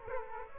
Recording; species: mosquito wingbeat signal from an infrared sensor; Aedes aegypti